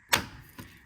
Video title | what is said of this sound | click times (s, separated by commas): Gxenogo LED Headlight Assembly Chevy Silverado, Tahoe, And Suburban Must Have Upgrade | And it just pops into place. | 0.1 s